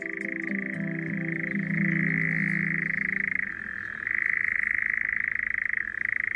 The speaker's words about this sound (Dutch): Ja, bijzonder en mysterieus om dat eens te horen. De nachtzwaluw.